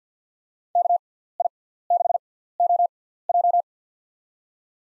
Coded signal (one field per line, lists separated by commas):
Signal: Morse code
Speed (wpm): 50 wpm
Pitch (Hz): 700 Hz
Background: none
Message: KI6OJ